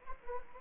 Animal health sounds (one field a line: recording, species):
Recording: mosquito wingbeat signal from an infrared sensor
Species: Anopheles gambiae